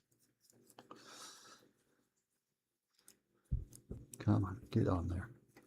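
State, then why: Not seated. A small plastic book bag accessory is pressed onto a brick-built minifigure, with faint plastic handling ticks and taps while someone talks. The clip ends before the bag goes on, and nothing has seated or clicked yet.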